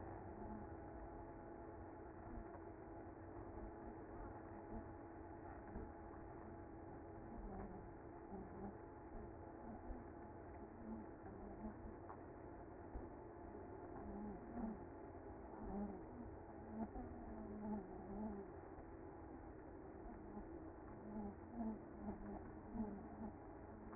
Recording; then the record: honeybee colony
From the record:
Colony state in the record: active